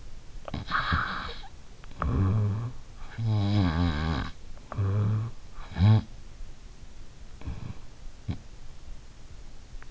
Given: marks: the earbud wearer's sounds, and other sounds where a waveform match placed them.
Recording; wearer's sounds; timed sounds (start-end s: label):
sounds in sleep by an in-ear microphone; snoring breath
0.00-6.70 s: snoring breath